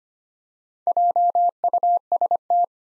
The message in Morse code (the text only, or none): JUST